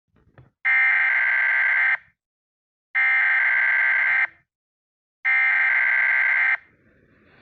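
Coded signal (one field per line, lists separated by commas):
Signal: Emergency Alert System (SAME) tones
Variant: header bursts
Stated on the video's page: Fictional EAS scenario; simulated alert, not a real broadcast.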